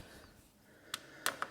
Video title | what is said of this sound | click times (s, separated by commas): How To: MG ZS 180 Front Bumper & Headlight Removal Tutorial (The Proper Way) | Don't even have to do that. You just push them down and they lock ourselves | 0.9 s, 1.3 s, 1.4 s